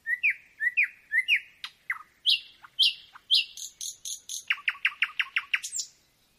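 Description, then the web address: Nightingale song: a slurred whistled note repeated three times, then higher swept phrases and a fast run of sharp, evenly spaced notes ending in a high flourish. Nightingale singing at night, a nocturnal performance. "spiew ptakow nocny wystep slowika"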